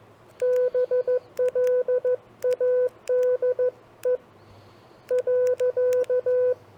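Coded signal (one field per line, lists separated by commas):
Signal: Morse code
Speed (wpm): 14 wpm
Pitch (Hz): 500 Hz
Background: none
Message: BLADE .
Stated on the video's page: CW copy practice of common phrases, sent on a TR45L or Elecraft KX2 with paddle keys, MC-750 vertical whip, battery powered.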